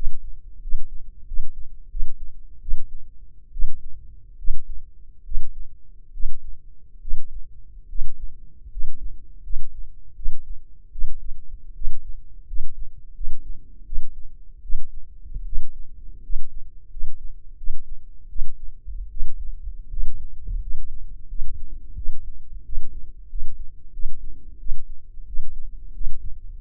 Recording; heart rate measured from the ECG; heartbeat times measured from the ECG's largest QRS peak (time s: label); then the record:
heart sounds by microphone in the left ear; 81 bpm
0.61 s: heartbeat
1.25 s: heartbeat
1.89 s: heartbeat
2.60 s: heartbeat
3.51 s: heartbeat
4.37 s: heartbeat
5.23 s: heartbeat
6.11 s: heartbeat
6.99 s: heartbeat
7.87 s: heartbeat
8.69 s: heartbeat
9.41 s: heartbeat
10.14 s: heartbeat
10.90 s: heartbeat
11.73 s: heartbeat
12.45 s: heartbeat
13.13 s: heartbeat
13.84 s: heartbeat
14.61 s: heartbeat
15.44 s: heartbeat
16.21 s: heartbeat
16.88 s: heartbeat
17.55 s: heartbeat
18.27 s: heartbeat
19.08 s: heartbeat
19.88 s: heartbeat
20.59 s: heartbeat
21.27 s: heartbeat
21.94 s: heartbeat
22.63 s: heartbeat
23.27 s: heartbeat
23.91 s: heartbeat
24.57 s: heartbeat
25.25 s: heartbeat
25.92 s: heartbeat
26.54 s: heartbeat
From the record:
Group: healthy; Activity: rest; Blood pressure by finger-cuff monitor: 132/78 mmHg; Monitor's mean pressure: 96 mmHg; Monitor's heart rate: 84 bpm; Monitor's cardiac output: 6.8 L/min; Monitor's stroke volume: 84 mL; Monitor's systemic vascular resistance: 1040 dyn s/cm5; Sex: male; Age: 21 years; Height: 180 cm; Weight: 67.5 kg